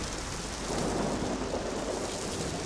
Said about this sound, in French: Et heureusement que j'ai ce parapluie. Je vais attendre la fin de cette tempête, même si je dois y passer la nuit.